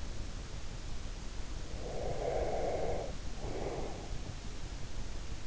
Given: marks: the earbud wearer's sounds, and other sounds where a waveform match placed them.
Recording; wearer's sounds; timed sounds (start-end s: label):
sounds in sleep by an in-ear microphone; breath
1.65-4.43 s: breath